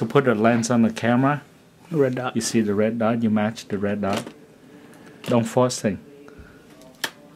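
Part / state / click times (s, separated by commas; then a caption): interchangeable lens onto camera body mount / seated / 7.0 s. Someone talks while an interchangeable lens is aligned by its red dot with the camera body mount and twisted on. After a faint tick near 6.3 s, a sharp snap at 7.0 s marks the lens bayonet clicking home and locking onto the mount.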